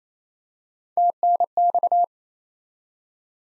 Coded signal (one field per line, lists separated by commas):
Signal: Morse code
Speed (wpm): 28 wpm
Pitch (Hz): 700 Hz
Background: none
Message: TNX